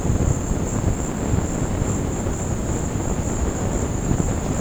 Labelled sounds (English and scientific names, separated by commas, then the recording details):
none
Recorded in secondary vegetation near Puerto Asís, Putumayo, Colombia, on 19 March 2025 at 17:00
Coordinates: 0.481, -76.318
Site G097